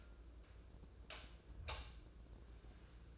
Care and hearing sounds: daily activity, microphone in the room; light off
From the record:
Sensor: 2

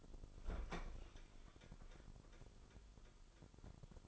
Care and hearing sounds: daily activity, microphone in the room; open fridge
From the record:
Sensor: 5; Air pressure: 988.5 hPa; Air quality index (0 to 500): 218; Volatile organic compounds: 122 ppm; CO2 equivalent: 3889 ppm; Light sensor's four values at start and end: 43/132/51/55 and 44/130/51/55

